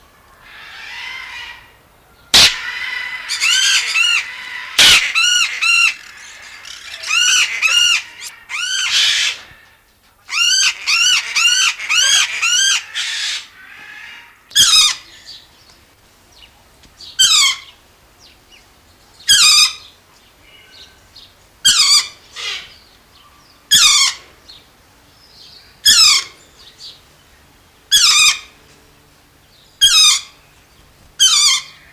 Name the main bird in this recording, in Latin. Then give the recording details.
Psittacula derbiana. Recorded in captivity. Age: adult. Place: Zoo Berlin, Berlin, DE. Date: 1999-08-23 15:27. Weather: wolkig, ca. 17-18°C. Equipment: Sony WM-D6C, Sennheiser ME 80, Kopie Uher 4000 Report Monitor. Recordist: Tembrock, Günter